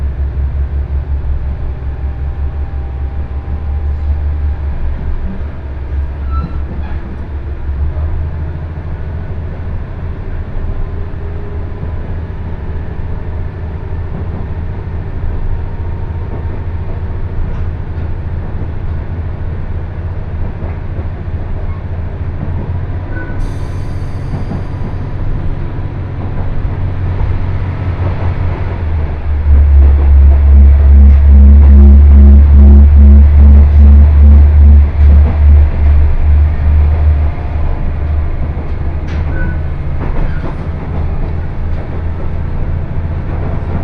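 A two-car diesel railcar runs along the line, its engine a steady low drone with constant rumble and faint rattles throughout. Around 29 seconds the engine note rises and grows louder until about 37 seconds, then settles back. A brief high squeal appears near 23 seconds.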